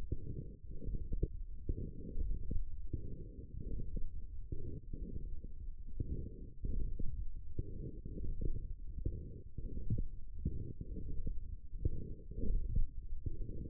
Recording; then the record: forearm muscle sounds (acoustic myography)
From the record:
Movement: forearm supination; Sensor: system 1, eight BSWA MPA416 microphones around the upper forearm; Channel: 7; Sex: male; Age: 23 years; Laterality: right